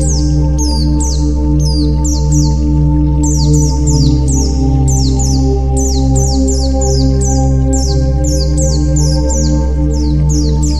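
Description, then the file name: White-eye singing rapid high whistles that fall in pitch, delivered in close clusters almost continuously, with a steady low hum underneath. White-eye 'terapi' (therapy) song. "terapi pleci"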